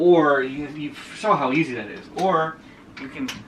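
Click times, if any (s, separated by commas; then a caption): none. A bendable curved OLED monitor panel, a Corsair Xeneon Flex 45WQHD240, is handled by its two side handles while someone talks. The panel is being moved toward its locked flat position, but nothing has clicked or seated yet.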